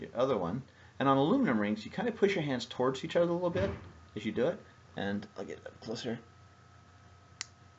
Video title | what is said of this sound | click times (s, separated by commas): Poly's Pleasures Jewelry - Chainmail Ring Closures | Can you hear that little click? | 7.4 s